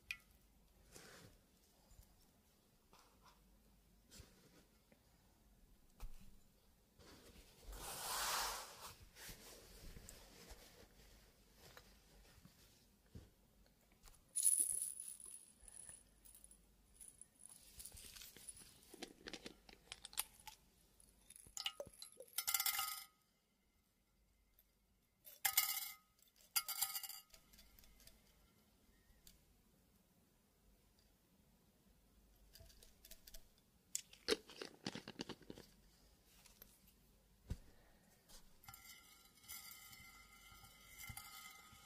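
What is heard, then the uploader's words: Water is poured and splashed into a glass in short bursts, with a bright clink near fifteen seconds and quieter glassy tones toward the end. WATER Pouring Liquid Glass Sounds.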